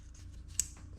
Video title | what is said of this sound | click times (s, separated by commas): How To Easily Change Subaru Spark Plugs! - EJ WRX/STI | clip it on make sure it's got an audible click | 0.6 s